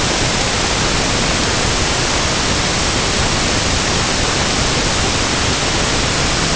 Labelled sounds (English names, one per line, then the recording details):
none
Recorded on Arctic tundra, site UTQI-5, on 21 June 2018
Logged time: 06:00